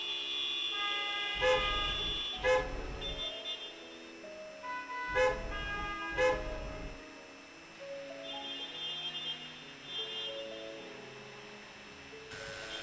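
car horn honking

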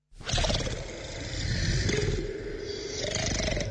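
lion roaring

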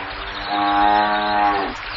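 cow mooing

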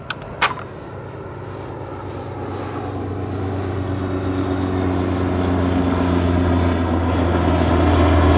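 airplane flying overhead

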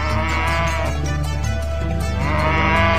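cows mooing

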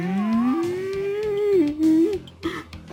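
cow mooing

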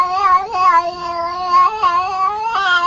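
cat meowing

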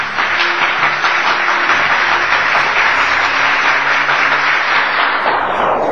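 applause

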